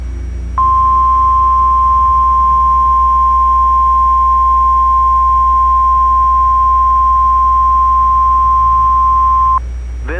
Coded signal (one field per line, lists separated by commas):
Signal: Emergency Alert System (SAME) tones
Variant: 1050 Hz attention tone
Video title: 2/21/24 WXL51 Required Weekly Test (EAS #4) (With Recreation)